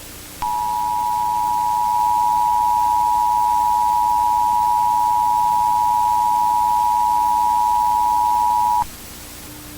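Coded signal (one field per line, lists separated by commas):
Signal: Emergency Alert System (SAME) tones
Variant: 853 and 960 Hz attention tone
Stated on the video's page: This is a fictional EAS scenario.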